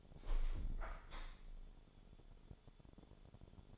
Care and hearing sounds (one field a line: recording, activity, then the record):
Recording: daily activity, microphone in the room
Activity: open window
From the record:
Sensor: 5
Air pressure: 1015.0 hPa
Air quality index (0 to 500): 100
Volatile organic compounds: 2 ppm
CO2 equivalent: 1074 ppm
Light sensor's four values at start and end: 35/80/32/31 and 35/80/32/31